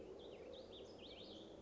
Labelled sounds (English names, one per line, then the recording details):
Warbling Vireo
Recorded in Sonoma County, California